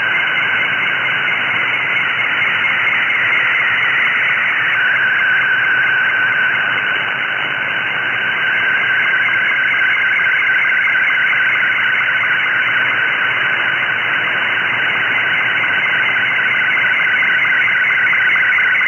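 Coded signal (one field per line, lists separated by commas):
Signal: SSTV (slow-scan television)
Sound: weak warbling tone between mid and high pitch under steady hiss, fading slightly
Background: radio static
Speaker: as this SSTV image is coming through, you can see some noise on the image. That is where the signal level is actually dropping due to propagation.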